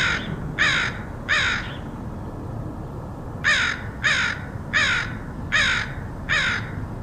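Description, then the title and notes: Crow cawing, three harsh caws, a pause, then five more fairly evenly spaced caws. Crows recorded by Dan Bodah in Portland, Oregon, in August 2003. "Dronecast: Crows of Portland. Crows recorded by Dan Bodah in Portland, OR, August 2003"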